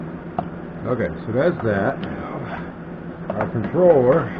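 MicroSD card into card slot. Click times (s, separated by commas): 0.4 s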